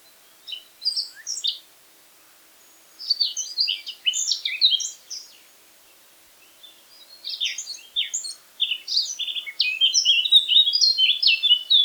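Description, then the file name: Eurasian blackcap song: three phrases of rapid, jumbled warbling notes, the last longest and richest, separated by short pauses. "Sylvia atricapilla"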